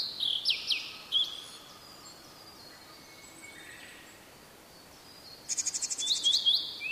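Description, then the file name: Blue-and-white flycatcher song: whistled slurred phrases, a pause, then a rapid buzzy rattle running into high whistles. "oruri"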